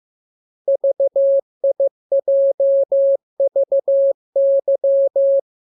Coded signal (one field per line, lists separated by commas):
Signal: Morse code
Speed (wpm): 15 wpm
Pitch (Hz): 550 Hz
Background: none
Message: VIJVY